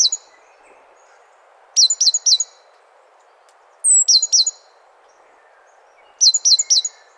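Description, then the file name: Great tit bursts of three to four piercing, downslurred notes, spaced about two seconds apart over a faint steady hiss. "Parus major"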